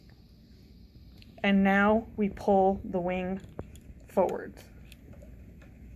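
Someone talks while handling the plastic locking wing (lever) of the cartridge carrier on a jetStamp MP Series handheld inkjet printer, preparing to pull it forwards over the inserted ink cartridge. Only the voice and a few faint handling ticks are heard. Nothing has clicked or seated yet.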